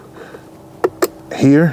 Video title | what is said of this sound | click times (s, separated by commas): HOW TO INSTALL VW golf MK7-7.5 steering wheel | yellow plug there you've got to click into place right | 0.8 s, 1.0 s